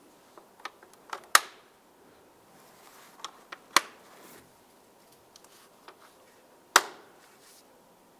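The three plastic locking clips on the air filter housing lid of a 2010–2013 Ford Transit Connect are snapped closed one after another. Three sharp snaps land at 1.4 s, 3.8 s and 6.8 s, with softer clicks and handling noises between them. The lid is seated and secured.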